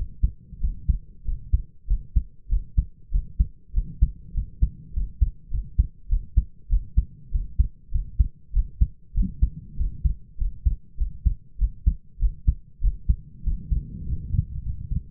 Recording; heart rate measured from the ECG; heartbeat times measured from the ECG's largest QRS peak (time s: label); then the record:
heart sounds by stethoscope; 98 bpm
0.60 s: heartbeat
1.24 s: heartbeat
1.87 s: heartbeat
2.48 s: heartbeat
3.11 s: heartbeat
3.73 s: heartbeat
4.33 s: heartbeat
4.93 s: heartbeat
5.50 s: heartbeat
6.08 s: heartbeat
6.69 s: heartbeat
7.31 s: heartbeat
7.91 s: heartbeat
8.52 s: heartbeat
9.14 s: heartbeat
9.76 s: heartbeat
10.37 s: heartbeat
10.97 s: heartbeat
11.58 s: heartbeat
12.19 s: heartbeat
12.81 s: heartbeat
13.43 s: heartbeat
14.05 s: heartbeat
14.63 s: heartbeat
From the record:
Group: healthy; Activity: rest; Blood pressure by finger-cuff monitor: 106/68 mmHg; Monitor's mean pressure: 80 mmHg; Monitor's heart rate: 97 bpm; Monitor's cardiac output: 6.6 L/min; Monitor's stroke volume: 67 mL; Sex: male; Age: 22 years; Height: 181 cm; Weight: 60 kg